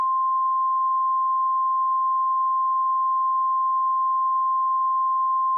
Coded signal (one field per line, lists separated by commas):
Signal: Emergency Alert System (SAME) tones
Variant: 1050 Hz attention tone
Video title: EAS Scenario: Vampire Hunters - Dire Warnings (5 Year Channel Special)